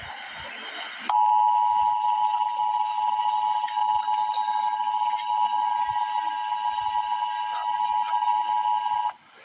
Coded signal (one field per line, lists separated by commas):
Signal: Emergency Alert System (SAME) tones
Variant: 853 and 960 Hz attention tone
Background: speech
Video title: Emergency Alert System - Special Weather Statement - Jul 1, 2025 at 2:38 PM EDT